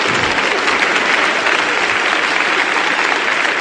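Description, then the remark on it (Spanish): A crowd applauds steadily, many hands clapping in a dense, even wash of sound that holds at a constant loudness throughout, with no voices rising above it. “bueno, les agradezco mucho los aplausos”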